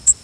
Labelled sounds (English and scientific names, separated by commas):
Yellow Warbler (Setophaga petechia) flight call